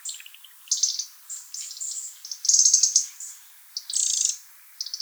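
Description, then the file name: European robin song, a varied stream of very high thin notes and fast rattling trills with short gaps between phrases. "Erithacus rubecula"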